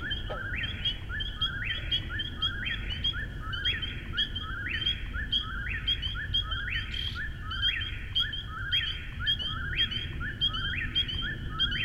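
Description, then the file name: Eastern whip-poor-will singing its rhythmic three-part phrase over and over, each phrase rising then dropping, against a steady low rumble. Recorded at Finzel, Maryland, on 10 June 2011. "Whip-poor-will calls Finzel MD"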